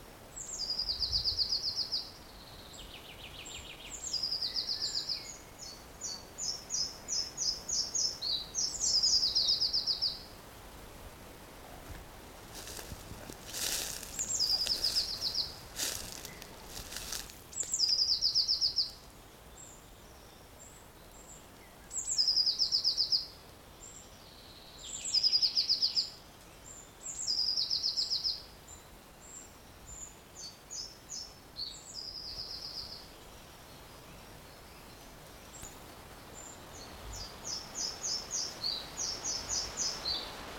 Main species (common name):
Red-breasted Flycatcher